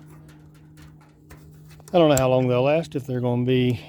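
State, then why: Seated. A homemade spring-like wire latch, bent with needle-nose pliers, is closed over a cabinet knob on a wooden rabbit hutch door, and it snaps shut with a short click at 1.3 s after faint handling sounds. Someone then talks, and the latch is seated.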